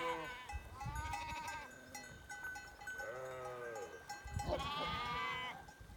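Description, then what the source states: Sheep bleating in several wavering, harmonic-rich calls, some overlapping, with a steady ringing tone and low rumbling noise throughout. September 2021.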